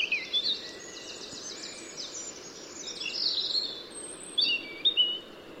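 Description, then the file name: European robin song, fairly faint: high, thin warbled phrases with brief trills and sharp notes over a steady background hiss. "Erithacus rubecula"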